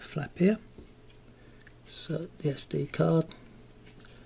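A microSD card is handled at the spring-loaded card slot under a small flap on a Yaesu FT1D handheld radio. Someone talks, with a few faint ticks around 1.3, 1.7 and 4.1 seconds. The card has not seated or clicked into the slot yet.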